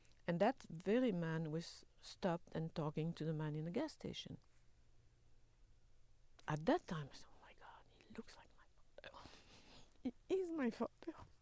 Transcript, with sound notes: and that very man was stopped and talking to the man in the gas station. At that time, I said, [whispers] "Oh, my God. He looks like my — it is my father."